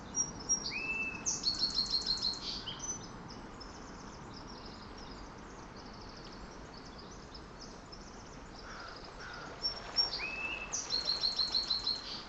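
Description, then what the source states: Sparrow song given twice, each a high whistled opening, a lower sliding note and a rapid repeated trill, with steady surf noise throughout. Distant sparrow singing near ocean shores.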